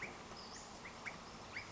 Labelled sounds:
Western Flycatcher (Empidonax difficilis)
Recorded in Sonoma County, California

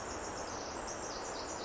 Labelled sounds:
Pacific Wren (Troglodytes pacificus)
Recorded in Sonoma County, California

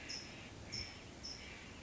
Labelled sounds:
California Towhee (Melozone crissalis)
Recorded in Sonoma County, California

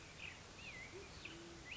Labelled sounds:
Band-tailed Pigeon (Patagioenas fasciata)
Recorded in Sonoma County, California

